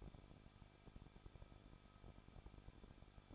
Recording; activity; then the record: daily activity, microphone in the room; no activity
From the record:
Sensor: 5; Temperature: 20.9 degrees Celsius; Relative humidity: 38.2%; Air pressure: 1006.5 hPa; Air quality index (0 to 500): 187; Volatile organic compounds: 18 ppm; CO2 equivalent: 2621 ppm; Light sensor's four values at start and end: 2/3/1/1 and 2/3/1/1